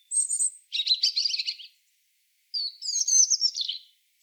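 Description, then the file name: European robin song: two thin, high warbled phrases separated by a pause, the first trilled and wavering, the second a rising-then-falling twitter, with another phrase just starting at the end. "Erithacus rubecula"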